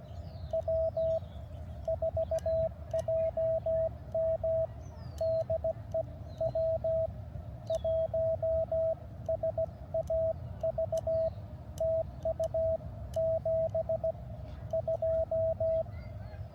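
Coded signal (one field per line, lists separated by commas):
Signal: Morse code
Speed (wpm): 16 wpm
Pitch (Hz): 650 Hz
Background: radio noise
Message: W4JM DE W1SAV TU 72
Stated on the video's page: Morse code from a park activation, US-3548 Rio de Los Angeles State Park.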